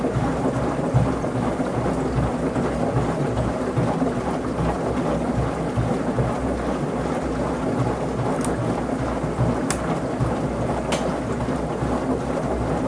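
A washing machine turns laundry in a steady, even rhythm, a dense low rumble with gurgling, sloshing water throughout. The level holds constant for the whole stretch, and a few brief clicks or ticks stand out near the eight, ten and eleven second marks.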